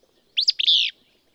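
Willow Flycatcher song, a single loud phrase of two or three sharp downswept notes running into a longer buzzy, slightly falling slur, with quiet background.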